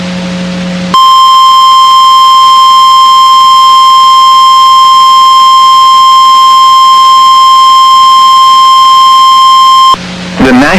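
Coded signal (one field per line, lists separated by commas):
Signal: Emergency Alert System (SAME) tones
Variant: 1050 Hz attention tone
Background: speech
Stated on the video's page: NOAA Weather Radio station WXK35, Waco, Texas, broadcasting severe thunderstorm warnings.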